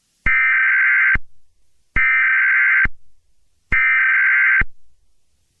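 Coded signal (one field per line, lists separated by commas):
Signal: Emergency Alert System (SAME) tones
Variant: header bursts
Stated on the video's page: Fictional EAS scenario.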